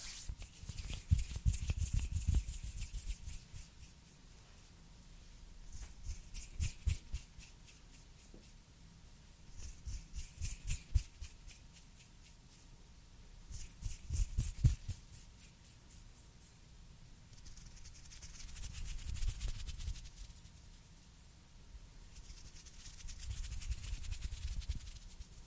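Crispy and soft hand sounds come in swelling waves of rustling and crinkling, with bursts of sharp, rapid ticks and taps, loudest near 1–3, 14–15 and 19–20 seconds. A soft low rumble runs beneath, and quieter pauses separate the bursts.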